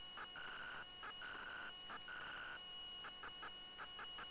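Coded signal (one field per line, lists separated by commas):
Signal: ZX Spectrum tape loading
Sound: harsh, buzzy data screech alternating rapidly with brief steadier high-pitched tone stretches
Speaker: Let's see if this final one game will work before the children eat the dog. So let's push this button and see if it'll load. I don't know if it will load as tape loader, but we'll give it a try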